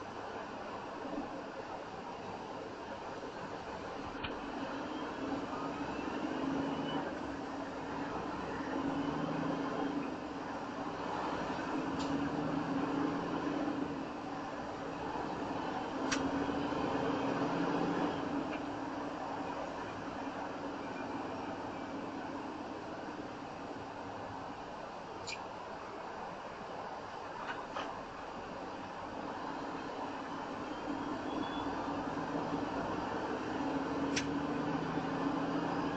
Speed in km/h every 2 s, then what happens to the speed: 0, 0, 10, 11, 16, 16, 23, 24, 29, 32, 31, 29, 23, 18, 16, 19, 24, 32.
0-2 standing. 2-17 pulls away to 32. 17-26 slows to 18. 30-36 speeds up to 32.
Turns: none.